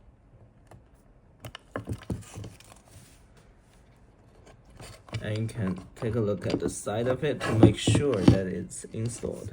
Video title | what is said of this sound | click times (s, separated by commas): Tutorial on how to remove and install the bluetooth antenna | you got it in, you're gonna hear a click. | 1.4 s, 1.6 s